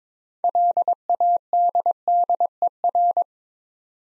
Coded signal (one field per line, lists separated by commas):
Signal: Morse code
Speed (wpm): 22 wpm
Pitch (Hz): 700 Hz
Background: none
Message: LADDER